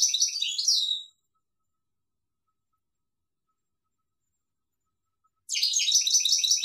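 European goldfinch song: a quick tinkling phrase, a long silence, then another run of rapid, twittering high notes.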